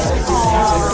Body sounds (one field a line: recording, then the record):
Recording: background sound without coughing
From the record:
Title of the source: Nightlife Party Simulating Party Club Noise 1 Hour